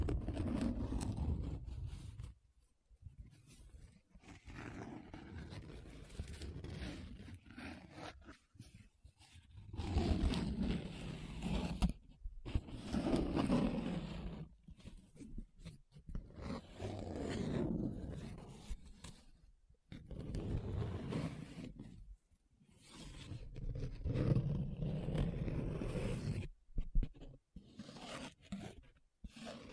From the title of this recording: Paper Sounds Tracing, Scratching, Rubbing